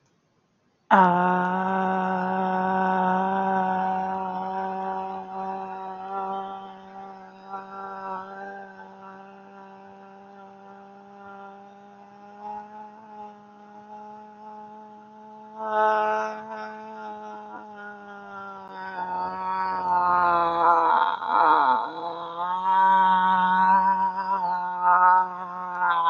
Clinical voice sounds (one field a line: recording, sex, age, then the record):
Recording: vowel held as long as possible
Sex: female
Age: 30 to 39 years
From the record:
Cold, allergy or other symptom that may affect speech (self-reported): no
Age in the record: 38 years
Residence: Nevada, United States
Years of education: 12